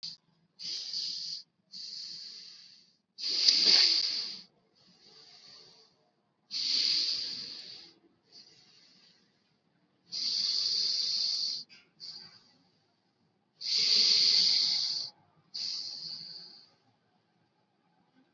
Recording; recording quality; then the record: deep breathing; excellent, no background noise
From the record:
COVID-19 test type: RT-PCR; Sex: male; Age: 39 years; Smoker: yes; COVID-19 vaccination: both doses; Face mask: worn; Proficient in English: yes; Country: India